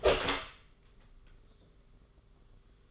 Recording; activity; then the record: daily activity, microphone in the room; open door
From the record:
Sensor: 4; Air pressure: 991.2 hPa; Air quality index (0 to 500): 134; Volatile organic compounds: 47 ppm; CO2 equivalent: 3257 ppm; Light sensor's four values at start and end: 9/22/8/9 and 15/36/14/15